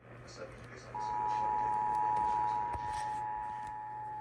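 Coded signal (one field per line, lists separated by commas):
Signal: Emergency Alert System (SAME) tones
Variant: 853 and 960 Hz attention tone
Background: speech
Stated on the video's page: Real severe thunderstorm warning alerts from California monsoon storms, received at the receiving station.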